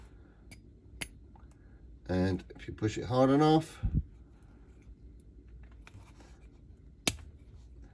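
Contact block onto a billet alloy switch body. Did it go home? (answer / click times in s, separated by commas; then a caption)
yes / 7.1 s. A contact block is pushed hard onto a billet aluminium switch body until the sprung piece passes through. Someone talks, and faint ticks and handling sounds follow. A sharp click at 7.1 s marks the two seating and locking together.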